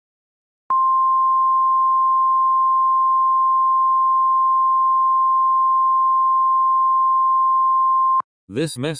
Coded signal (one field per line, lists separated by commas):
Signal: Emergency Alert System (SAME) tones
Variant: 1050 Hz attention tone